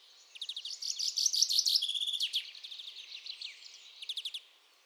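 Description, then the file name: Common chaffinch song: a rapid, dense series of high notes that builds and then fades, with a brief later burst of notes. "Fringilla coelebs"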